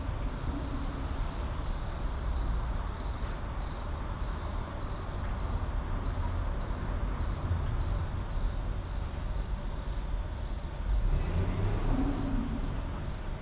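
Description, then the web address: Insects calling at night: a high trill beating in quick regular pulses throughout, over a low rumble that swells briefly near the end. At night in an urban park. "boom library Urban and Suburban Urban park night insects"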